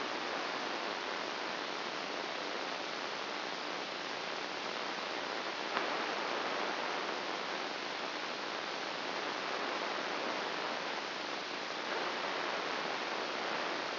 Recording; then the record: brain microelectrode recording played as sound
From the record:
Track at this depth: inside the subthalamic nucleus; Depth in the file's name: 2.405 mm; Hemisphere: right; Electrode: 2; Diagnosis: Parkinson's disease